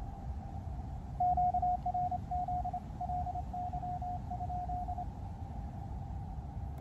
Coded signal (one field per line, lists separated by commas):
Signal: Morse code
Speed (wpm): 28 wpm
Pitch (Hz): 720 Hz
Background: none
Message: QRZ LY?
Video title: Pedestrian mobile with Elecraft KX2 .Urban QRP from The Hill Of Three Crosses!